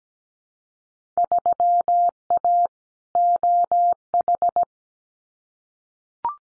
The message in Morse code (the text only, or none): 3A OH